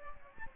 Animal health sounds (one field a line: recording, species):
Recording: mosquito wingbeat signal from an infrared sensor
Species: Aedes albopictus